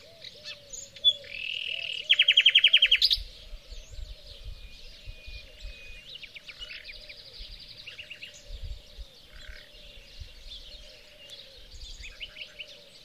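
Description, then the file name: Common nightingale song with a loud buzzy rattling trill near the start, followed by quieter varied twittering phrases over a continuous low repeated call. "Luscinia megarhynchos"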